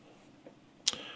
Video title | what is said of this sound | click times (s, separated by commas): System Build 32 - Build With Brian - Bench Build AMD - Qflash-plus update (2024) | Just going to line up the socket, push it straight down until you hear it click, and that's it. | 0.9 s